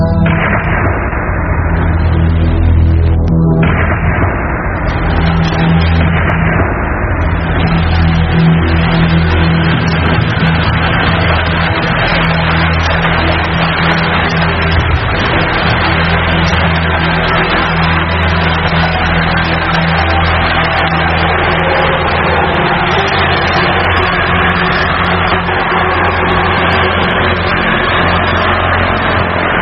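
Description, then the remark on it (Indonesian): A large tour bus engine runs loudly and continuously, its low rumble rising and surging as the driver revs and accelerates on the way to Gunung Bunder in drizzly evening weather, with a steady droning tone throughout and no voices. “Terus kupacu bis wisata ini dan akhirnya sampai di Gapura menuju Gunung Bunder kira-kira jam 8:30 malam dengan kondisi cuaca gerimis.”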